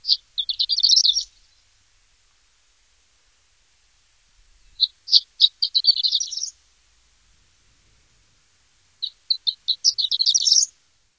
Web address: Songs of Birds of North America Stokes. Horned Lark